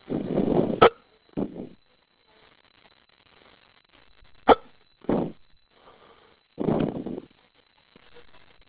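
An adult man hiccups repeatedly, with sharp abrupt catches of breath a few seconds apart.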